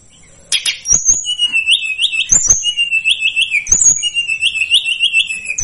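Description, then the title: Sunda whistling thrush song: shrill, wavering trilled whistles repeated in quick series, with a few sharp clicks between phrases. "Masteran Tledekan Gunung Sikatan Gunung"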